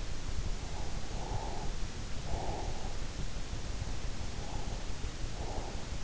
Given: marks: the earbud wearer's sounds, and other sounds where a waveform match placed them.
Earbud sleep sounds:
sounds in sleep by an in-ear microphone; breath
0.43-3.03 s: breath
3.81-6.02 s: breath

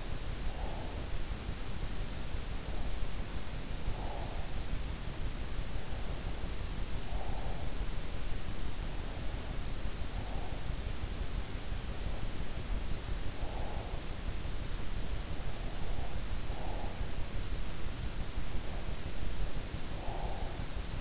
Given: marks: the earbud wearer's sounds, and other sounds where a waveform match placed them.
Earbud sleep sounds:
sounds in sleep by an in-ear microphone; breath
0.00-1.53 s: breath
3.60-4.94 s: breath
6.69-8.32 s: breath
9.99-11.07 s: breath
13.18-14.35 s: breath
15.65-17.28 s: breath
19.58-21.01 s: breath

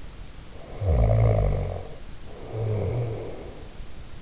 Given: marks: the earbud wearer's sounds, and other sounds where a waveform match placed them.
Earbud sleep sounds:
sounds in sleep by an in-ear microphone; snoring breath
0.59-3.62 s: snoring breath

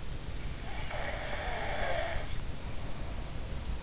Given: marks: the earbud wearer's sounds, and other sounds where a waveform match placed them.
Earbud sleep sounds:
sounds in sleep by an in-ear microphone; snoring breath
0.62-3.73 s: snoring breath

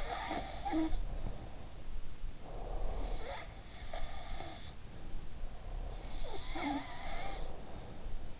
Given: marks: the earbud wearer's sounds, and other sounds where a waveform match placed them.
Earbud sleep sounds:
sounds in sleep by an in-ear microphone; breath
0.00-1.86 s: sound from someone else or the room
2.40-2.87 s: breath
2.88-5.40 s: sound from someone else or the room
5.84-8.15 s: sound from someone else or the room

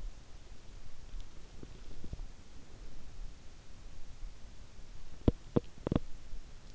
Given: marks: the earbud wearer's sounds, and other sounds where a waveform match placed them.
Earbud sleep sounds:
sounds in sleep by an in-ear microphone; swallowing
1.41-2.67 s: swallowing
5.05-6.24 s: sound from someone else or the room

